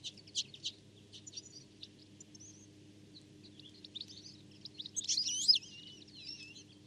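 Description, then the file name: European goldfinch twittering calls, faint high chirps at first, then a louder tangled burst of liquid notes near the end, over a steady low hum. "Carduelis carduelis"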